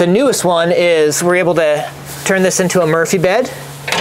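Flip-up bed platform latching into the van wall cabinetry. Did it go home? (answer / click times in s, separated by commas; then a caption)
no / none. Someone talks while a flip-up bed platform in a Sprinter van conversion is raised into its Murphy-bed position against the van wall cabinetry. Two sharp, short knocks come at about 3.9 s near the end of the lift. The Murphy bed latch has not locked yet; nothing has seated or clicked.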